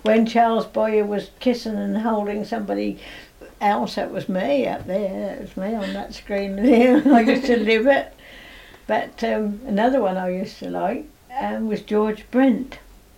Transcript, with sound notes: When Charles Boyer was kissing and holding somebody else, That was me out there. That was me on that screen. [laughs] I used to live it. But erm, another one I used to like, erm, was George Brent.